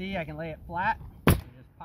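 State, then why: Seated. Someone talks while a coil of roofing nails is laid flat into the canister of a Ridgit 15 degree 1-3/4 in. coil roofing nailer. At 1.3 s a sharp, loud pop sounds as the coil drops into place and seats in the magazine.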